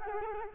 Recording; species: mosquito wingbeat signal from an infrared sensor; Culex quinquefasciatus